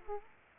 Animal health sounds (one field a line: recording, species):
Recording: mosquito wingbeat signal from an infrared sensor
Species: Aedes aegypti